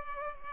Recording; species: mosquito wingbeat signal from an infrared sensor; Culex pipiens